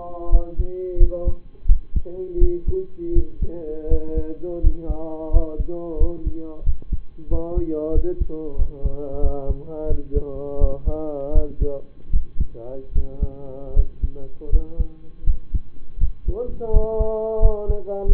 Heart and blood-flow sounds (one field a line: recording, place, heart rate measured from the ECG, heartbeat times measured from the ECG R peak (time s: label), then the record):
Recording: heart sounds by stethoscope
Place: between the tricuspid and mitral areas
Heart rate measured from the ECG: 84 bpm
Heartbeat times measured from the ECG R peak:
0.29 s: heartbeat
0.97 s: heartbeat
1.66 s: heartbeat
2.38 s: heartbeat
3.13 s: heartbeat
3.88 s: heartbeat
4.60 s: heartbeat
5.30 s: heartbeat
5.97 s: heartbeat
6.63 s: heartbeat
7.28 s: heartbeat
7.92 s: heartbeat
8.56 s: heartbeat
9.20 s: heartbeat
9.87 s: heartbeat
10.58 s: heartbeat
11.32 s: heartbeat
12.10 s: heartbeat
12.92 s: heartbeat
13.73 s: heartbeat
14.49 s: heartbeat
15.24 s: heartbeat
15.98 s: heartbeat
16.70 s: heartbeat
17.39 s: heartbeat
18.05 s: heartbeat
From the record:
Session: rest, lying down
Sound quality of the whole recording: partially saturated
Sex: male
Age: 25 years